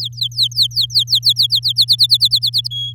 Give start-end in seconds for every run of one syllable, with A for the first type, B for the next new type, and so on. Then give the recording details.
0.00-1.47 A, 1.50-2.68 B, 2.71-2.93 C. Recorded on 8 May 2018 at 05:45. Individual llb16